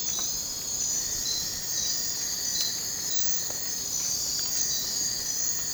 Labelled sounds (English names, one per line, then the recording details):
none
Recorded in dense forest near Puerto Asís, Putumayo, Colombia, on 20 December 2024 at 00:30
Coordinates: 0.466, -76.327
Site G075